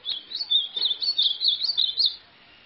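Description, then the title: White-throated seedeater singing a fast, high warbling phrase of rapidly repeated chirpy notes that rise and fall for about two seconds, then stops. "Canto Do Golinha"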